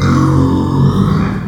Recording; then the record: squeal of a Yucatan mini pig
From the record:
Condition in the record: after surgery on the right vocal fold (resection and tissue-engineered implant); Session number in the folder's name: 16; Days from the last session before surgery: 183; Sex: female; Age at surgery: 19 weeks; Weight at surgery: 25 kg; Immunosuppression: prednisolone